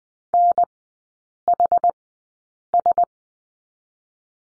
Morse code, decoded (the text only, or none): NHS